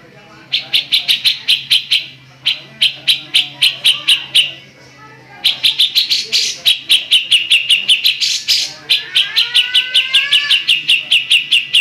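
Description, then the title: Magpie-robin song: rapid runs of sharp, chipping notes repeated several times a second, broken by short pauses, with a few whistled slurs near the end. "Kicau Kacer"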